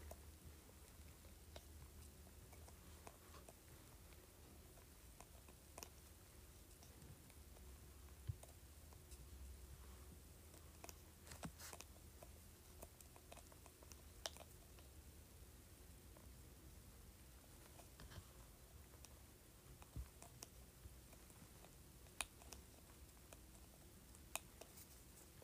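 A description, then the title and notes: A spray bottle lid being scratched, heard as a run of small dry clicks and ticks that come irregularly, bunching up around the middle and again near the end. A steady low hum sits underneath the whole time. ASMR Scratching Spray Bottle Lid.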